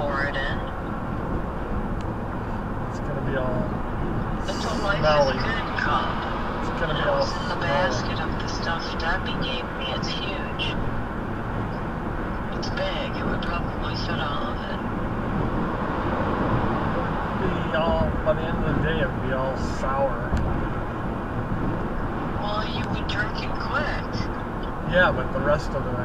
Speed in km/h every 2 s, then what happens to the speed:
101, 101, 101, 101, 100, 101, 103, 103, 105, 108, 105, 103, 100.
0-9 steady at about 101. 9-17 speeds up to 108.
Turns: none.